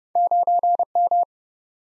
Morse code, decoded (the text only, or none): 9M